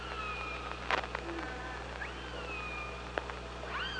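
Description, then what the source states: Orca calls, a long gliding whistle-like tone and a rising harmonic squeal at the end, mixed with sharp clicks and a steady low hum. OrcaLab underwater hydrophone, 24 August 2017 at 05:29.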